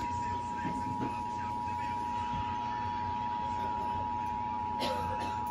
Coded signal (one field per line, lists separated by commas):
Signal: Emergency Alert System (SAME) tones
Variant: 853 and 960 Hz attention tone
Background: speech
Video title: First Required Monthly Test of 2020 (EAS #53)